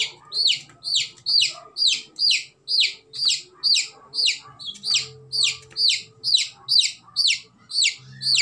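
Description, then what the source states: Chick peeping: steady stream of piercing down-slurred cheeps roughly twice per second, with faint humming underneath. Baby chick.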